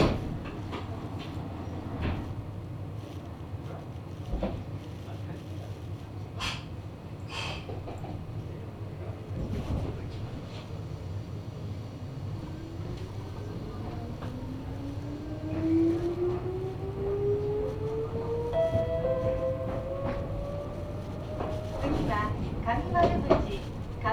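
A ride aboard a Meitetsu Bisai Line train: a steady low rumble of the moving car fills the whole recording, with scattered clicks and knocks. From about 12 seconds a rising whine climbs steadily in pitch as the train accelerates, growing louder near the end.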